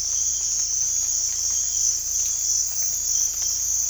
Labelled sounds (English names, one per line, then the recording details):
none
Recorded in dense forest near Puerto Asís, Putumayo, Colombia, on 18 December 2024 at 03:30
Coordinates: 0.481, -76.323
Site G100